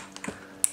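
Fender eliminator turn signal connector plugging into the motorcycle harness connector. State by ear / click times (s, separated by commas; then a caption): seated / 0.6 s. The fender-side two-pin white and black plastic turn-signal connectors of a Vagabond Motorsports VM-YR610 fender eliminator, being installed on a 2017+ Yamaha R6, are lined up by their fins and pushed into the motorcycle harness connector. Faint ticks come at 0.2 s, then a sharp, bright click at 0.6 s as the connectors click in and are seated.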